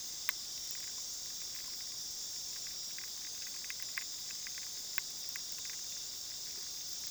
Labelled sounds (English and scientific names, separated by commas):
none